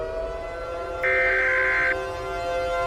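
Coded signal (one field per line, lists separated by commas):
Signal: Emergency Alert System (SAME) tones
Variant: header bursts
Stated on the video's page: Simulated EAS mock alert.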